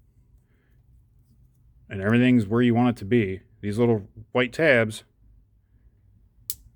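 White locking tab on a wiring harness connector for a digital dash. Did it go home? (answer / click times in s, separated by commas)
yes / 6.5 s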